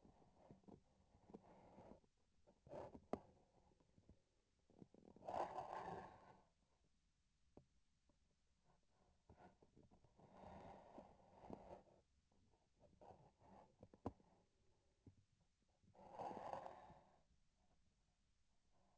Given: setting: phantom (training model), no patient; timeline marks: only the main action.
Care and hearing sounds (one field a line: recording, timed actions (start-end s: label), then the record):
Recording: laparoscopic instrument, vibration sensor on the handle end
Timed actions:
2.65-4.51 s: palpation
12.24-15.16 s: palpation
From the record:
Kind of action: gesture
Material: synthetic tissue